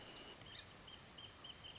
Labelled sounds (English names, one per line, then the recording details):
Wrentit
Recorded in Sonoma County, California